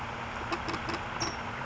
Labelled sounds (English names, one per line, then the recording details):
California Towhee
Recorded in Sonoma County, California